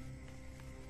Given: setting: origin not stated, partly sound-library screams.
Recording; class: one-second piece from a danger detection set; normal situation